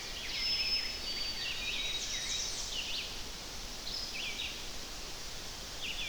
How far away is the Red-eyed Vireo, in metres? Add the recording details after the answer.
about 50 m. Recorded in boreal forest in Alberta, Canada, on 10 June 2016 at 07:44. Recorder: SongMeter 3, array SBT-3-39. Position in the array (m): 195 m, 122 m